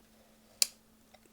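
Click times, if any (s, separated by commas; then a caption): 0.6 s. A front mount adapter is pushed onto the body of a Wildguarder NR1 night vision monocular, just in front of the objective lens, turning it from a monocular into a night vision rifle scope. A single sharp, bright click at 0.6 s shows it seating in place, followed by two faint ticks near 1.1 and 1.3 s against a low steady hum.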